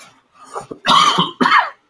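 A soft throat-clearing sound, then two short, harsh cough bursts from an adult man fighting back a cough, his throat raw after violent vomiting the day before from something he ate.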